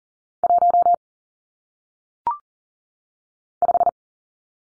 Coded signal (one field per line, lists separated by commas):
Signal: Morse code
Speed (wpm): 40 wpm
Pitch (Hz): 700 Hz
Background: none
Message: 1 5